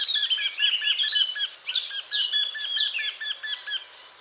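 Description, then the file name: Eurasian wryneck giving a steady series of short, nasal, evenly spaced notes throughout, overlaid by a busy chorus of higher twittering and whistling songbirds. "Torcol"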